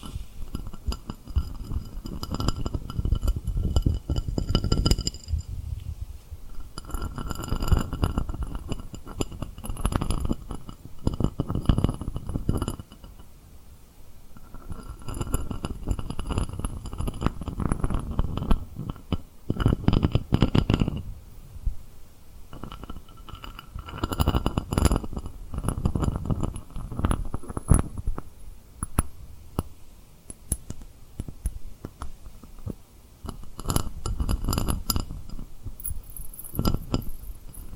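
Tapping and rubbing on a rhinestone surface, with dense rustling scrapes and clustered glassy clicks and clinks. The sound comes in waves, swelling and easing every few seconds, with brief quieter pauses around 13 and 22 seconds. Occasional bright tinkling accents ring above the low rubbing.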